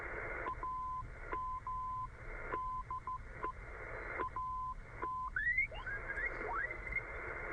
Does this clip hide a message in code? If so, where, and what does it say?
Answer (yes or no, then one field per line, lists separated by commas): yes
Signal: Morse code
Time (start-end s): 0.5-5.3 s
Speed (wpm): 14 wpm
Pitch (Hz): 1020 Hz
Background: radio noise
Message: AM DE AT